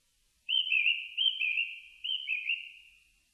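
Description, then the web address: Japanese thrush song phrase: a series of whistled, looping notes that rise and fall, then trail off softly in a quiet setting. Recorded 4 May 2001. "2001 010504 kurotugumi"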